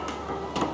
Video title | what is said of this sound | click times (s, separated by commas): 2024 #MITSUBISHI TRITON GLS AT ft. MR. JOEYBOY PALABOY! | naka-lock na | 0.6 s